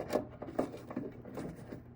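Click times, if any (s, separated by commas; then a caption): none. A plastic bed light wiring connector for a 2016-2023 Toyota Tacoma is handled near the truck's tail light harness connector. Several short plastic knocks and rubbing sounds are heard. Nothing has seated or clicked yet.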